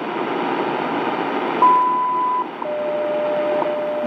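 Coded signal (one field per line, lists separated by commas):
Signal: radio time signal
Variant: WWV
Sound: hiss, then a long high beep, then a steady lower tone with second ticks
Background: radio static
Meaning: The long 1 kHz tone marks the start of a new minute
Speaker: 31 minutes 31 minutes Universal this is very very odd folks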